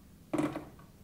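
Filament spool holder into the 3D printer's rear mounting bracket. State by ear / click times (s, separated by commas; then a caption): seated / 0.3 s. A plastic filament spool holder, already slotted into its mounting bracket at the back of a Flashforge Dreamer 3D printer, is turned anti-clockwise until it locks. A sharp click sounds at 0.3 s, and the ringing fades by about 0.6 s. A faint second tick follows at 0.8 s, and the holder is seated.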